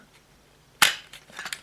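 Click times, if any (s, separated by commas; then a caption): 0.8 s. A plastic part of an X-Transbots MX-II Andras (Scourge) transforming robot toy is pushed up into its back and wing assembly, folding the wings back. It gives a sharp click at 0.8 s, followed by fainter plastic ticks at about 1.1, 1.4 and 1.5 s. The part clicks into place and is seated.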